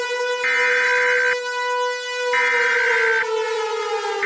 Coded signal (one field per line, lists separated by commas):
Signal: Emergency Alert System (SAME) tones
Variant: header bursts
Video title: (REUPLOAD) EAS Scenario - The Care Bear Revelation (THIS SUCKS AND IT WILL BE REMASTERED)